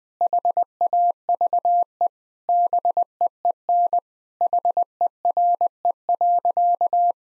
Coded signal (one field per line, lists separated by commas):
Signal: Morse code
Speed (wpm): 21 wpm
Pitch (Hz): 700 Hz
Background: none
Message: HAVE BEEN HERE.